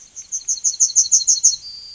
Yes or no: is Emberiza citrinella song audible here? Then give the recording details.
yes. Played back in forest. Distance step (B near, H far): B. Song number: 036